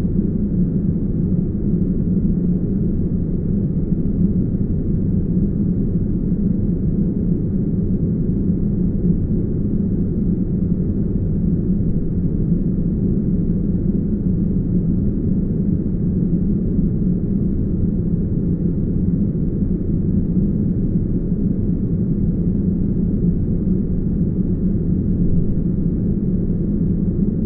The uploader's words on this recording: 2 hours of uninterrupted brown noise.